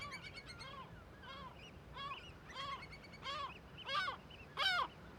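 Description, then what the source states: Gulls yelping with harsh, arched notes that grow louder toward the end, several birds calling over one another. Cliff colony in a huge cirque above Viðarlundin forest, Kunoy, Faroe Islands; gulls and other birds alarmed by the recordist; quadraphonic recording with MixPre-6 II and DPA microphones.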